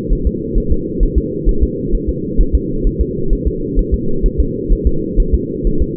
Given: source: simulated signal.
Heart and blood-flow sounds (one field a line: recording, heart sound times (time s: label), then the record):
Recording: fetal heart sounds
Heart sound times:
0.13 s: S1
0.27 s: S2
0.58 s: S1
0.72 s: S2
1.03 s: S1
1.18 s: S2
1.49 s: S1
1.63 s: S2
1.95 s: S1
2.09 s: S2
2.41 s: S1
2.55 s: S2
2.87 s: S1
3.01 s: S2
3.33 s: S1
3.47 s: S2
3.79 s: S1
3.94 s: S2
4.26 s: S1
4.40 s: S2
4.73 s: S1
4.87 s: S2
5.20 s: S1
5.34 s: S2
5.67 s: S1
5.82 s: S2
From the record:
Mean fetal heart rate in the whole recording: 130 bpm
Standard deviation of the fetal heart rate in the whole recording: 2 bpm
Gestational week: 38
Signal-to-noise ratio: -8.1 dB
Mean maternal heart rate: 72 bpm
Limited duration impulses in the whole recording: absent